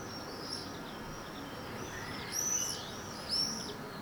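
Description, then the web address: Swifts give two brief, high screaming calls near the end, thin and rasping, over a soft constant hiss. "File Effects 02-Birds, Insects Animals 02-Birds Swifts"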